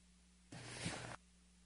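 An adult man, a radio host at a microphone, lets out a single short, broadband sneeze lasting about two-thirds of a second, against a quiet background with a steady low hum. He is congested that morning.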